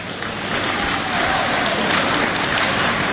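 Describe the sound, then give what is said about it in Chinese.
An audience applauding steadily for the whole stretch, a dense, even wash of many hands clapping with no individual claps standing out. It stays fairly loud and swells slightly after the first half second. “这掌声不热烈，怎么唱这 啊？我这掌声还不热烈呢。”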